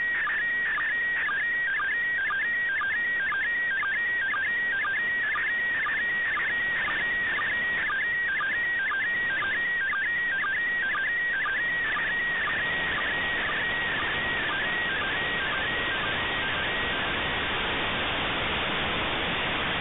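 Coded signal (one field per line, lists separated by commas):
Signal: SSTV (slow-scan television)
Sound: warbling tone around 1.9 kHz with rapid regular sync chirps, noise rising later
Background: radio static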